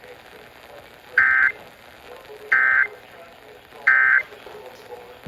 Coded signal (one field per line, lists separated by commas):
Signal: Emergency Alert System (SAME) tones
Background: speech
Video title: First Severe Weather Event of 2023 (4/7/23) (EAS #533 - 546)